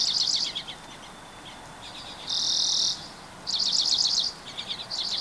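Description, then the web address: Bird song: rapid chattering chirp series and a steady, loud buzzy trill lasting under a second, the phrases following each other closely. Recorded 24 April 2023. "gemlog starlog audio birds 20230424"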